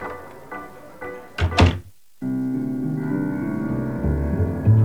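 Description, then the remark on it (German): A narrow door leading into a long, unlit corridor bumps open and shuts with two or three heavy wooden thunks, then a moment of silence before a steady low tonal drone resumes beneath. “Durch eine schmale Tür betraten wir einen langen Gang, in dem es keinerlei Beleuchtung gab.”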